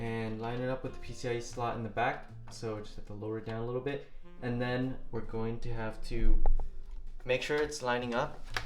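A graphics card is held and lined up with the PCIe slot on a motherboard, then lowered a little while someone talks throughout. Nothing has seated or clicked yet; the card is not yet pushed home.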